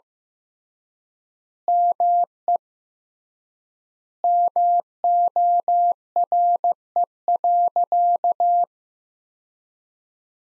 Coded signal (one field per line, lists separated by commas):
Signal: Morse code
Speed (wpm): 16 wpm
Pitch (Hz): 700 Hz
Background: none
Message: ME MORE.